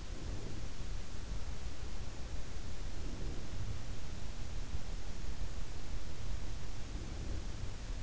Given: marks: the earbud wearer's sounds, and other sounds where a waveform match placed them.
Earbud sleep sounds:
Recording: sounds in sleep by an in-ear microphone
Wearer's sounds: breath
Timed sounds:
0.00-1.20 s: breath
2.67-4.05 s: breath
6.68-7.93 s: breath

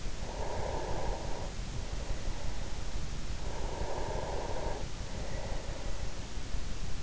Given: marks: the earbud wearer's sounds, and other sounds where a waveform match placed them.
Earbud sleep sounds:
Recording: sounds in sleep by an in-ear microphone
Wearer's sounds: breath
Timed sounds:
0.05-3.31 s: breath
3.46-6.64 s: breath

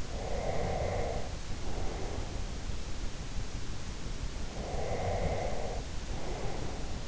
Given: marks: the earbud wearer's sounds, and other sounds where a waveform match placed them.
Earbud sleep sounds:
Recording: sounds in sleep by an in-ear microphone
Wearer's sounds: breath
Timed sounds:
0.08-2.60 s: breath
4.52-7.07 s: breath

